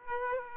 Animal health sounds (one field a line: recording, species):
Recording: mosquito wingbeat signal from an infrared sensor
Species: Aedes aegypti